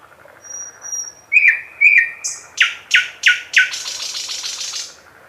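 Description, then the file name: Thrush nightingale singing: a thin high whistle, two short notes, then four loud descending strokes repeated about every third of a second, ending in a harsh rattle. "Słowik szary"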